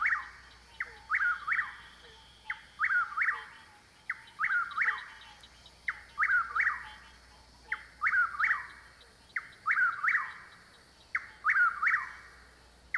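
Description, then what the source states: Chuck-will's-widow repeating its whistled song several times, over a frog chorus. Heard over a chorus of frogs.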